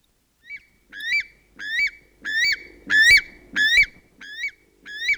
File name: north island weka song